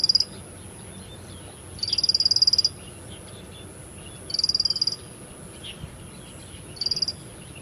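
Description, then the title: Bar-winged prinia song: short, very high, rapid buzzy trills of quick repeated notes, each under a second, returning about every two and a half seconds over a steady high hiss. "Suara Burung Ciblek"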